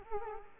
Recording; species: mosquito wingbeat signal from an infrared sensor; Culex quinquefasciatus